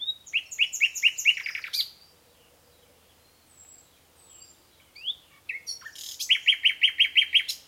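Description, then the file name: Common nightingale song: a fast series of rich repeated notes, a pause, a few thin whistles and rising notes, then another rapid pulsing series. "Luscinia megarhynchos"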